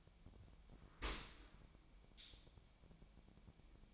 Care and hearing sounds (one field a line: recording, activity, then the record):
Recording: daily activity, microphone in the room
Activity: open dishwasher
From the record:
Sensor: 1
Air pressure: 1006.8 hPa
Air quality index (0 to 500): 209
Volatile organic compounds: 24 ppm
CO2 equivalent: 2819 ppm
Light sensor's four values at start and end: 12/31/12/14 and 12/32/12/14